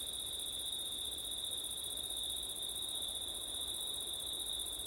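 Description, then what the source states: Crickets in a steady chorus, a continuous high shrill trill with a second thin band far above, unbroken throughout. Crickets singing on a September night, with wind; recorded with ortif setup.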